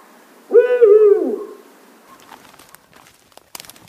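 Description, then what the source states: Eurasian eagle-owl giving a single low, wavering hoot, followed by faint rustling. Calls every 6-7 seconds; heard at night in complete darkness during a walk along the park alley in Śmiełów, Żerkowsko-Czeszewski Landscape Park, Poland.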